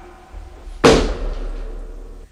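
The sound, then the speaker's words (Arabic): The door of a house is smashed in with one sudden, heavy crash that bursts out of a low rumble, then rings and decays over about a second and a half. No voices are heard. “اكسروا الباب وخذوه فاسجلوه في الكعبة.”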